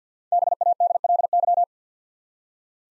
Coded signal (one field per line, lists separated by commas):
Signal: Morse code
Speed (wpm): 54 wpm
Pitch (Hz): 700 Hz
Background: none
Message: BADLY